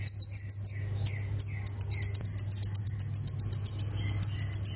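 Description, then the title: Prinia singing, opening with thin high whistles, then a fast run of sharp, repeated ticking notes that carries on to the end, with a constant low hum. "Ciblek Sawah"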